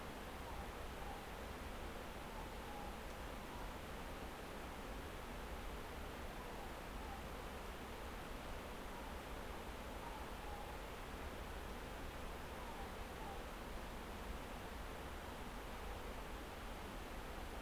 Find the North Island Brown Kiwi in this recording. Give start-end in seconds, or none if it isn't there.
none